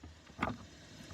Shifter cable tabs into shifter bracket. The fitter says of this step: until the clips, the tabs on the side, they'll pop out, lock into place. Great.